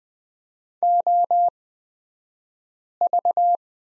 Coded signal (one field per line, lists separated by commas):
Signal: Morse code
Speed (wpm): 20 wpm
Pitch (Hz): 700 Hz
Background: none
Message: OV